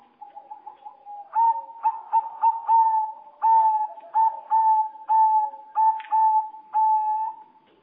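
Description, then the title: Java sparrow song of level whistled notes, each starting with a click, repeated many times after a quiet, rapid opening run. "kicau gelatik"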